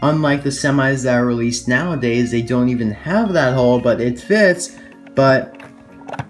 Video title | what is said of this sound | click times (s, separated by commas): Mattel Disney Cars Piston Cup Team RPM (Petrol Pulaski Pitty, Crew Chief, Hauler & Racer) Die-casts | it comes out super easy it doesn't click in | none